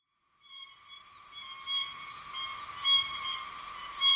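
Oshima cicada call starting from silence, a ringing high drone that builds, with repeated hissing surges.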